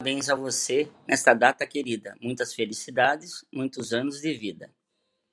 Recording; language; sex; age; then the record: short text; Brazilian Portuguese; male; 50 to 59 years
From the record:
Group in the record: control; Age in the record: 55 years